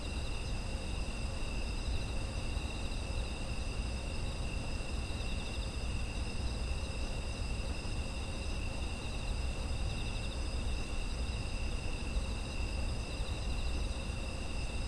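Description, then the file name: Insect chorus of continuous shrill trills at several pitches, never pausing, with a steady deep background rumble beneath. Autumn insect ambience. "秋の虫の環境音"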